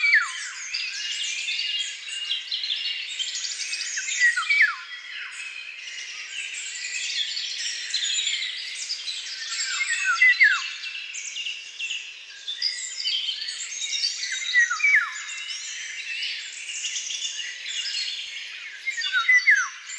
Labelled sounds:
Eurasian Golden Oriole (Oriolus oriolus) song
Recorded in the wild
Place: Waltershofen / Freiburg im Breisgau, Baden-Württemberg, DE
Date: 2006-05-06
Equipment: MiniDisc Sharp MT 20 H
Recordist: Schwarz, Dieter
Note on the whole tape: Song

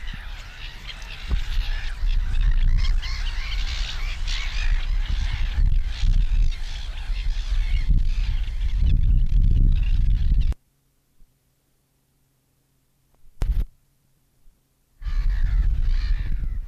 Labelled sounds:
Eurasian Reed Warbler (Acrocephalus scirpaceus) song
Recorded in the wild
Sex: male
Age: adult
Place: Schönerlinde, Naturpark Barnim, Brandenburg, DE
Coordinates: 52.6511, 13.4058
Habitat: pond
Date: 1991-06-09 10:55
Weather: partly sunny, 15 - 17°C
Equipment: Marantz, Sennheiser ME 80, Kopie Tesla B 116
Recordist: Tembrock, Günter

